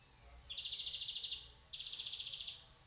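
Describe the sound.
European greenfinch giving two rapid buzzy trills of evenly pulsed notes, each lasting about a second, with a short pause between them.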